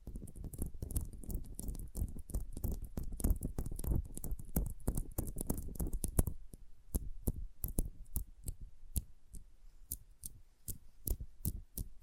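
Soft, sensitive tapping, quick and dense for the first six seconds, with a low thumping undertone beneath the taps. After that the low sound drops away and the taps become crisp, separate clicks at a fairly steady pace, with quiet gaps between them.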